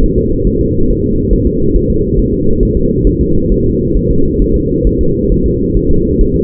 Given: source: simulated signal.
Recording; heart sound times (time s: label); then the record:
fetal heart sounds
0.04 s: S1
0.18 s: S2
0.47 s: S1
0.61 s: S2
0.90 s: S1
1.04 s: S2
1.33 s: S1
1.47 s: S2
1.76 s: S1
1.90 s: S2
2.19 s: S1
2.33 s: S2
2.63 s: S1
2.77 s: S2
3.07 s: S1
3.21 s: S2
3.52 s: S1
3.66 s: S2
3.96 s: S1
4.11 s: S2
4.42 s: S1
4.56 s: S2
4.87 s: S1
5.01 s: S2
5.32 s: S1
5.46 s: S2
5.77 s: S1
5.91 s: S2
6.21 s: S1
6.36 s: S2
From the record:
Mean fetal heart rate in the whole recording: 135 bpm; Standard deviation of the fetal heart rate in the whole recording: 3 bpm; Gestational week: 36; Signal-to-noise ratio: -16.4 dB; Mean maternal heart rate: 72 bpm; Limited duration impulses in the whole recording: present